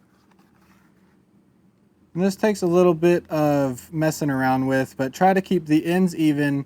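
The ends of a coil zipper chain are held and evened up on a zipper slider before the slider is pushed onto the chain, which takes some fiddling. Faint handling noise with two small ticks near 0.3 s and 0.4 s is followed by someone talking from about 2.1 s to the end. Nothing has seated or clicked yet.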